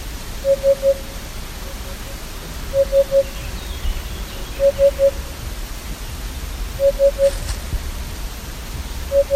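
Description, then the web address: Eurasian hoopoe with low, hollow three-note hoots repeated steadily about every two seconds, against a background of soft hiss. Recorded at Nes Harim, Israel. "nes-harim senses-way hoopoe"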